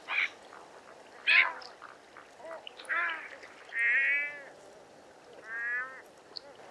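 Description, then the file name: Yellow-legged gull plaintive calls, a few short harmonic wails and drawn-out mewing notes spaced irregularly over a soft background hiss. Immature bird giving various plaintive calls. "Goéland leucophée (Larus michahellis) - Divers cris plaintifs d un oiseau immature"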